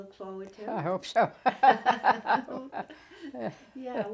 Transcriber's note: laughs